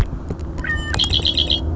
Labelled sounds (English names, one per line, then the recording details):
Red-winged Blackbird
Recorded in Sonoma County, California